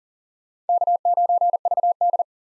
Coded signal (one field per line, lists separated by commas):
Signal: Morse code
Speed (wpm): 38 wpm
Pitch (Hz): 700 Hz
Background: none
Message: K9VD